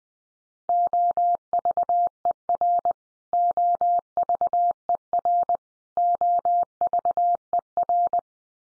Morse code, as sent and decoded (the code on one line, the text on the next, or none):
--- ...- . .-. / --- ...- . .-. / --- ...- . .-.
OVER OVER OVER